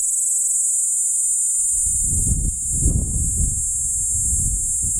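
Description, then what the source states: P. capensis holding a constant thin, high hum, partly covered by rising gusts of low wind from about two seconds on. Recorded near Arniston.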